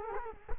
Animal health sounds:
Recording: mosquito wingbeat signal from an infrared sensor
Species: Culex quinquefasciatus

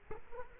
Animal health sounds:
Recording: mosquito wingbeat signal from an infrared sensor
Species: Culex quinquefasciatus

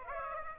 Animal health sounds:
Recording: mosquito wingbeat signal from an infrared sensor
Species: Aedes aegypti

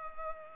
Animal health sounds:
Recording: mosquito wingbeat signal from an infrared sensor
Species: Culex pipiens

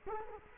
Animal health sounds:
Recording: mosquito wingbeat signal from an infrared sensor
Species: Culex quinquefasciatus

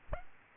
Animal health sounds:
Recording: mosquito wingbeat signal from an infrared sensor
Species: Aedes aegypti

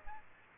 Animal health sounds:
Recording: mosquito wingbeat signal from an infrared sensor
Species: Aedes aegypti

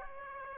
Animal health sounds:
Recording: mosquito wingbeat signal from an infrared sensor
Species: Aedes aegypti

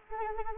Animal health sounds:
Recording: mosquito wingbeat signal from an infrared sensor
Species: Anopheles arabiensis

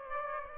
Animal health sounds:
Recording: mosquito wingbeat signal from an infrared sensor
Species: Aedes aegypti

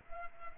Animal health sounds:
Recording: mosquito wingbeat signal from an infrared sensor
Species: Culex pipiens

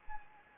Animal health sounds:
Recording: mosquito wingbeat signal from an infrared sensor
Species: Anopheles gambiae

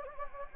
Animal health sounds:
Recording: mosquito wingbeat signal from an infrared sensor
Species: Anopheles gambiae

